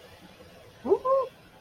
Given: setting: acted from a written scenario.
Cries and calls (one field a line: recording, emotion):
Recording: vocal sound without words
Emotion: confusion